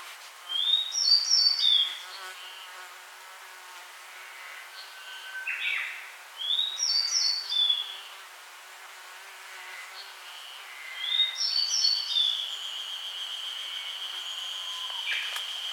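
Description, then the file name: Grey bunting song: three short phrases of thin high whistles and buzzy notes, several seconds apart, with a steady high tone near the end. "Emberiza variabilis"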